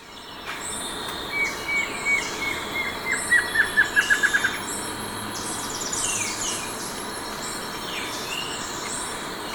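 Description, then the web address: Plain Antvireo song, a series of short notes that starts slowly and accelerates while dropping slightly in pitch, with faint high insect buzzing behind. Recorded in Ecuador. "Natures Songs S America Birds of Ecuador Plain Antvireo"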